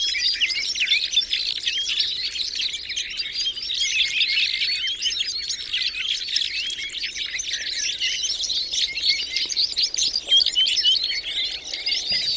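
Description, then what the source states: Red crossbill calls, a steady stream of many sharp high chirps with no break. Recorded in the Rusel area on 15 November 2014.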